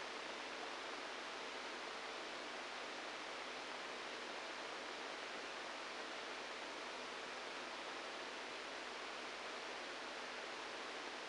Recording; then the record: brain microelectrode recording played as sound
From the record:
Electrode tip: inside the subthalamic nucleus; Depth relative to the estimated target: -3 mm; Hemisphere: right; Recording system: NeuroSet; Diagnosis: Parkinson's disease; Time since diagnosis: 7 years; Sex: male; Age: 69 years